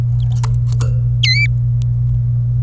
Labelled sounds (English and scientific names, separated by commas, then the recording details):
Domestic Canary (Serinus canaria) song
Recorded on 27 April 2018 at 14:45
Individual llb3